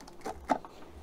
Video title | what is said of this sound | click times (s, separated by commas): DIY Portable Soldering Station | Locks in place. | 0.5 s